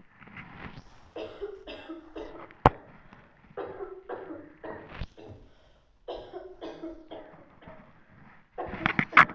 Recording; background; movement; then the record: deep breathing; a bystander coughing; sitting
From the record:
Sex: female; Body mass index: 18.8 kg/m2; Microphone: on the chest, facing the body